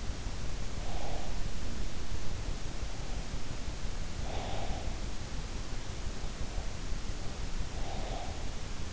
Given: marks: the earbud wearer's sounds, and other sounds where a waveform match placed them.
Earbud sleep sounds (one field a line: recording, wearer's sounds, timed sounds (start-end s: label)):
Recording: sounds in sleep by an in-ear microphone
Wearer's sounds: breath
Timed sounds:
0.33-1.90 s: breath
3.82-5.13 s: breath
7.58-8.93 s: breath